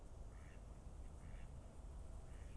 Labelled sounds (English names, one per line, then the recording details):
Mallard
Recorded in Germany
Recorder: ecoPi